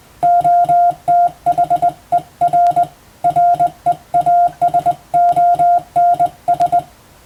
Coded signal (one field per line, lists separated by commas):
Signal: Morse code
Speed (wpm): 20 wpm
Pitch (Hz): 700 Hz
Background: music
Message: OTHER REASONS